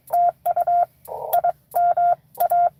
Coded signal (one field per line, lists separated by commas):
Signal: Morse code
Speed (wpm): 23 wpm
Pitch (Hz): 700 Hz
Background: none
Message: TU IM A